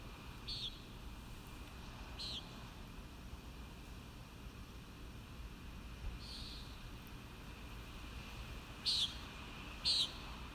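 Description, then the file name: Common nighthawk uttering buzzy peent notes at irregular intervals, several faint then two loud ones near the end, over continuous hum and low background noise. Recorded at Kissimmee on 1 May 2019; the recording is labelled as noisy. "2019-05-01 Common Nighthawk Kissimmee"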